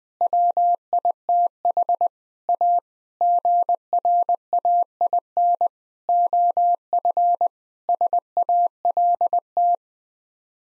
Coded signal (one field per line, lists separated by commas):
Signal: Morse code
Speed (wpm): 21 wpm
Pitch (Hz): 700 Hz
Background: none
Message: WITH A GRAIN OF SALT